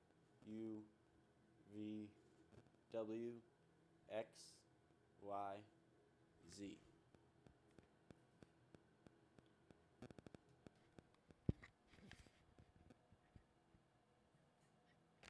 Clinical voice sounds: letters of the alphabet, spoken; free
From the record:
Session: seven days later

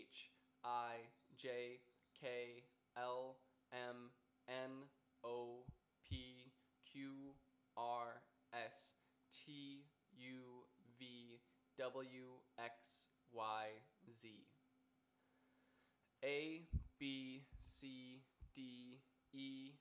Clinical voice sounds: letters of the alphabet, spoken; free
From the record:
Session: first day, before the bite bar

